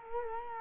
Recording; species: mosquito wingbeat signal from an infrared sensor; Culex quinquefasciatus